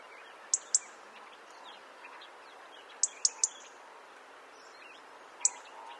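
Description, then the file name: European robin giving sharp, high ticking calls, a quick double tick, then a triple, then a single, over a soft steady background hiss. "Erithacus rubecula"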